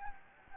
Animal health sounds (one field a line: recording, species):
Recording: mosquito wingbeat signal from an infrared sensor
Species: Anopheles gambiae